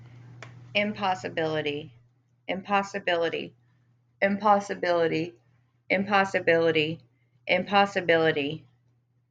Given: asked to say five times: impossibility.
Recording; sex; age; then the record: repeated word; female; 30 to 39 years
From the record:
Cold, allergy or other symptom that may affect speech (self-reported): no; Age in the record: 32 years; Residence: Texas, United States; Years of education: 12